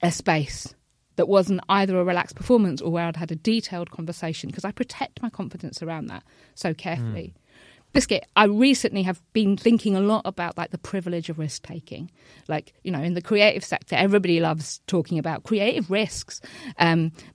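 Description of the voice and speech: Fluent conversational speech by an adult woman broken once by an out-of-context word, 'biscuit', a simple vocal tic of Tourette syndrome, present since about age 6 and intensified in her early 20s; frequent involuntary vocal tics such as 'biscuit', 'hedgehog' and swear words interrupt her speech.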